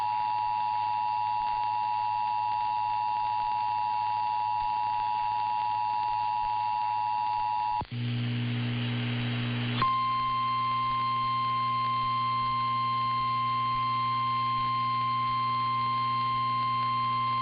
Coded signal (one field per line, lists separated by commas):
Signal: Emergency Alert System (SAME) tones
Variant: 853 and 960 Hz attention tone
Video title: [EAS #1801-#1802] West Coast Great Shakeout ￼Exercise